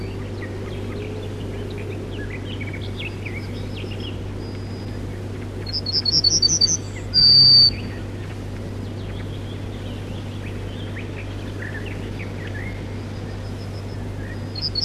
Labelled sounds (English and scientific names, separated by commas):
Yellowhammer (Emberiza citrinella) song